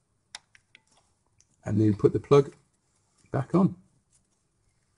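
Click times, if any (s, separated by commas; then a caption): 0.3 s. A brake pad wear sensor holder is slotted into its bracket and turned 90 degrees until its small plastic peg clicks and engages. A sharp click is heard at 0.4 s, followed by a few fainter ticks, and then someone talks. The holder is seated.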